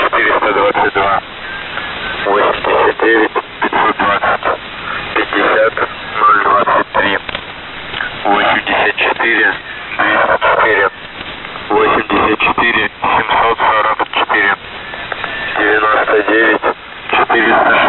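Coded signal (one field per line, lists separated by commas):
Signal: coded military voice message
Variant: Russian voice, The Pip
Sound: a male voice reading a message over a shortwave radio channel, with brief pauses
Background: radio static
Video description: "The Pip" is a Russian military radiostation that broadcasts on 5448 kHz at daytime and 3756 kHz at nighttime.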